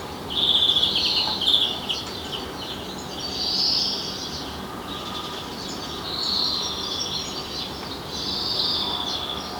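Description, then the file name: European greenfinch twittering trills, four short bursts spaced a few seconds apart, high and rapid, against a steady noisy background. "Chloris chloris"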